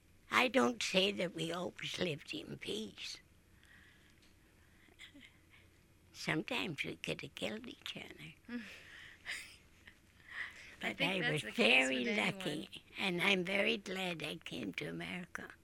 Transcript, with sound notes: I don't say that we always lived in peace. Sometimes we could have killed each other. [Laughs] But I was very lucky and I'm very glad I came to America